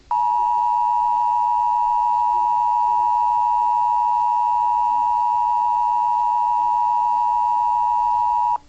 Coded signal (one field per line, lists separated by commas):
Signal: Emergency Alert System (SAME) tones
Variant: 853 and 960 Hz attention tone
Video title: Michigan EAS TEST on WKAR-FM 90.5 East Lansing